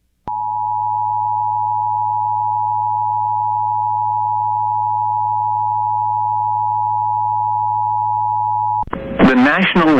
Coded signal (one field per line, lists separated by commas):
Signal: Emergency Alert System (SAME) tones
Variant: 853 and 960 Hz attention tone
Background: speech